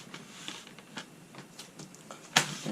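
A plastic window-kit piece for a Honeywell MM14CCS portable air conditioner is fitted into the window slider, with faint small knocks and rustles before one loud, sharp snap at 2.4 s as the plastic adapter pops into place and seats.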